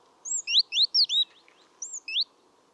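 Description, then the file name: Great tit calls: a quick run of high, slurred whistled notes in a few bursts, some rising and some falling, over a faint steady hum. "Parus major"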